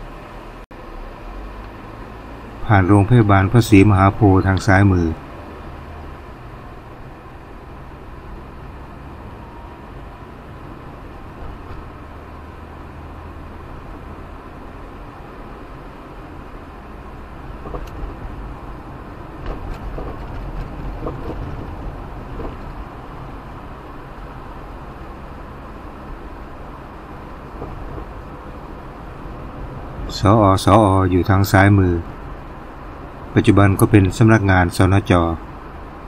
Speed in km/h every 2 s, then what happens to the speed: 5, 16, 21, 25, 30, 34, 37, 39, 42, 43, 43, 43, 44, 46, 48, 49, 50, 50.
0-36 speeds up to 50.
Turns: none.